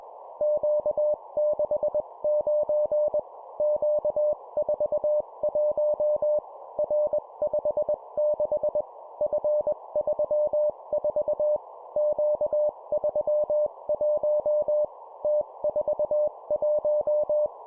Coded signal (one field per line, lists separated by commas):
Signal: Morse code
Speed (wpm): 21 wpm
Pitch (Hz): 600 Hz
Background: none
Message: Q69 Q41 R56 F34 Q31 T41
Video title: 20wpm Three letter words letter,number,number, morse code practice